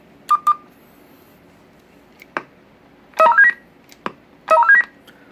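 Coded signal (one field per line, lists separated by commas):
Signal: roger beep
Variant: Stryker roger beep 4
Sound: two short beeps, key clicks, then twice a quick rising run of about five tones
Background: faint radio hiss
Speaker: let's try Roger beep 4 Oh so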